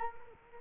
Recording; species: mosquito wingbeat signal from an infrared sensor; Culex quinquefasciatus